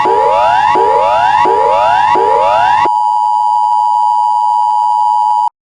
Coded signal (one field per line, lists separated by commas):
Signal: Emergency Alert System (SAME) tones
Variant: 853 and 960 Hz attention tone